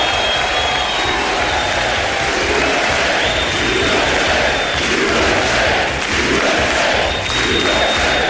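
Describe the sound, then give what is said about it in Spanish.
Members of the US Congress and guests applaud and cheer Donald Trump's State of the Union address, a dense roar of clapping with rising shouts and chants layered over it, staying loud throughout. “USA, aplausos de la bancada y los invitados a la intervención hace unas horas de Donald Trump ante el Congreso estadounidense en su discurso sobre el Estado de la Unión.”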